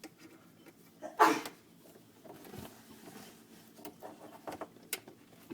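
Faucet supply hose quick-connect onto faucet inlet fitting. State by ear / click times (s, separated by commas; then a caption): seated / 4.9 s. The shortest faucet supply hose is pushed onto its quick-connect fitting on the faucet inlet, with faint rubbing and handling noises along the way. A sharp snap at 4.9 s marks the quick-connect seating. A louder broadband burst near 1.2 s comes before it.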